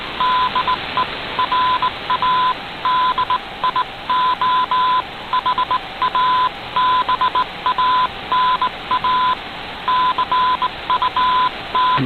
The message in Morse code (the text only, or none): DE RADIO HABANA CU T